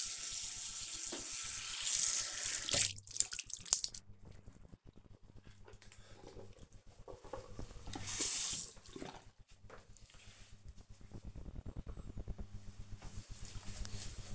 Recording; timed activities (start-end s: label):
household activities, microphone on the right wrist
0.00-4.18 s: brushing teeth